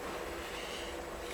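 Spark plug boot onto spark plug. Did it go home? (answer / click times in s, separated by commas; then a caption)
no / none. A rubber spark plug boot is handled at the spark plug in the 3.4L V6 of a 2003 Chevy Venture. The 1.4 seconds are steady broadband noise with a low rumble and no distinct pop. The boot has not seated or clicked onto the plug yet.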